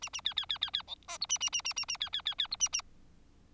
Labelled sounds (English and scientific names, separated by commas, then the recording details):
Bengalese Finch (Lonchura striata domestica) song
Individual Bird4